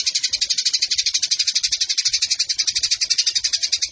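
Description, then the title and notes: Eurasian tree sparrow's quick, metallic chatter, sharp notes pulsing evenly and rapidly without a break. Fighting-style sparrow with long 'nembak panjang' shooting chatter and clear voice, used as a tutor recording for birds entered in song competitions. "GEREJA TARUNG NEMBAK PANJANG SUARA JERNIH MASTERAN WAJIB BURUNG LOMBA. Burung Gereja"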